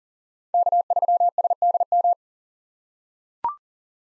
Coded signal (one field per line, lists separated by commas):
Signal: Morse code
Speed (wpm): 39 wpm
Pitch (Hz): 700 Hz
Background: none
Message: K3SDM